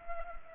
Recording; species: mosquito wingbeat signal from an infrared sensor; Culex pipiens